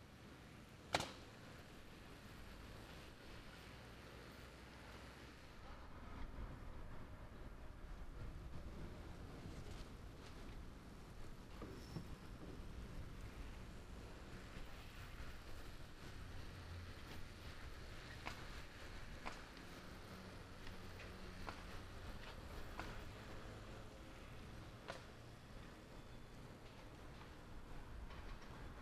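A construction site, under a steady low rumble of wind. A sharp, loud nail-gun crack lands near the start, and fainter snaps and taps follow at scattered moments over the remaining half minute.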